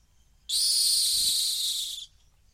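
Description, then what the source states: Rock hyrax giving one harsh, hissing shriek lasting about a second and a half, steady and loud, then cutting off abruptly into quiet. Calling from the edge of a gorge in the Masai Mara.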